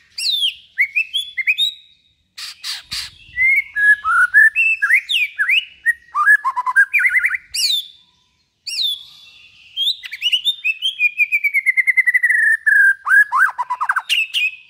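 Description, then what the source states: White-rumped shama song, a rich run of whistled phrases and quick rising and falling notes, with brief pauses and a long descending trill of rapid notes near the end. Long-duration song used as a lure for trapping.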